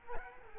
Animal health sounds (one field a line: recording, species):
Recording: mosquito wingbeat signal from an infrared sensor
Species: Culex quinquefasciatus